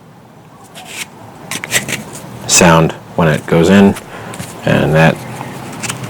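A homemade boffer sword, foam over a core, is pushed into its belt holster, and it gives a short click-like sound at 1.5 s and 1.6 s as it goes in. Someone talks through the rest of the clip. The sword seats and the holster holds it snug.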